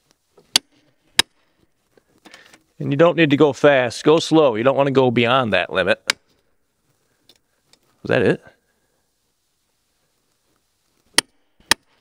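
A click-type torque wrench, set a couple foot-pounds higher, slowly tightens a tractor wheel lug nut while someone talks, with sharp clicks near 0.6 and 1.2 seconds. The wrench clicks at its setting at 11.2 and 11.7 seconds, confirming the nut reached the set torque.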